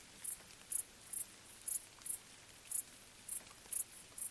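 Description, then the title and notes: Cricket stridulating in high, short chirps, with faint pattering raindrops in the background. Several crickets stridulating late on a summer night in gentle rain falling on vegetation, along an abandoned railway track in Bad Boll, Baden-Württemberg, nearby village silent. "Crickets in gentle summer rain. crickets stridulating late at night whilst gentle summer rain falls on the surrounding vegetation. abandoned railway track in Bad Boll, Baden-Württemberg. Colin Hunter. Music for Sleep"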